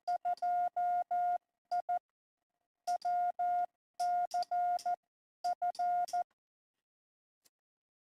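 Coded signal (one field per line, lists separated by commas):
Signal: Morse code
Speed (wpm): 14 wpm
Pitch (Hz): 710 Hz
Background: none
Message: 2I WCF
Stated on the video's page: Winter Field Day live stream.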